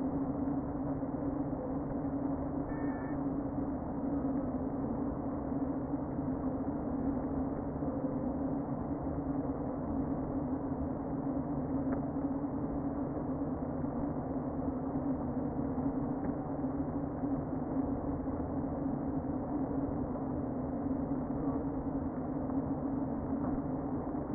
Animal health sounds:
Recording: honeybee colony, microphone inside the hive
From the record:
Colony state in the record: queen present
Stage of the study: before two queens were removed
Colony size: about 60,000 bees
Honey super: yes

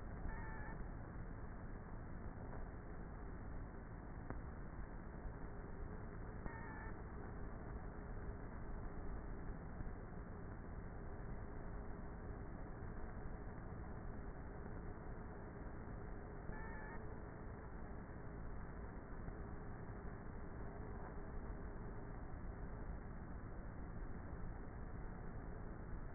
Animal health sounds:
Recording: honeybee colony, microphone inside the hive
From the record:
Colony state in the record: queenless with a low population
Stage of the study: before two queens were removed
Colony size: about 30,000 bees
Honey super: no

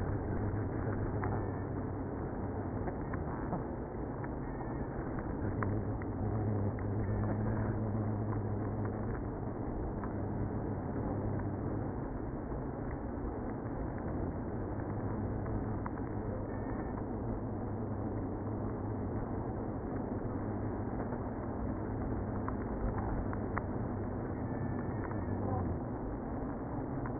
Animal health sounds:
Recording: honeybee colony, microphone inside the hive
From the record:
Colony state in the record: queenless (queen removed)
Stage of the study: after two queens were removed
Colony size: about 60,000 bees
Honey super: yes

